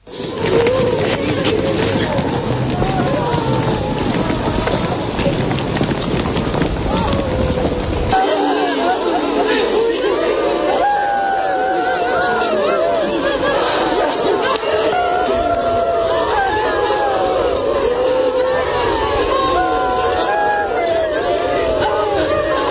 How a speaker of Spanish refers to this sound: Todo el mundo lloró, las calles se inundaron de ciudadanos que derramaban sus lágrimas, de súbditos entristecidos, incomprensible, pero cierto, un llanto que se oía por las calles. Esto que escuchamos es sonido real.